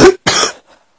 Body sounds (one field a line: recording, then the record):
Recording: coughing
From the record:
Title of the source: 30 Chesty and wet cough